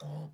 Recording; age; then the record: pig call; piglet (1 to 25 days)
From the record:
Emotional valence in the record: negative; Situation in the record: short isolation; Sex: female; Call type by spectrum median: low-frequency call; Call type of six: low-frequency stable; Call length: 0.34 s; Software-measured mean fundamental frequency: 50 Hz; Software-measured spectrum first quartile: 151 Hz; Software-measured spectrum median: 228 Hz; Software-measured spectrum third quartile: 829 Hz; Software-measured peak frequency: 153 Hz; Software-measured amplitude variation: 88 dB a second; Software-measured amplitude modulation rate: 19.0 a second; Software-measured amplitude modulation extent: 4.6 dB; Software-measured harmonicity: 8.2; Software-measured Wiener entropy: -1.03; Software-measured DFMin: 1605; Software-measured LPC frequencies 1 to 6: 3676, 4837, 5654, 7219, 8573, 9559 Hz